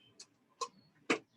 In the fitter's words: snap snap you want to make sure that snap snap so that it's in here and it's not out of here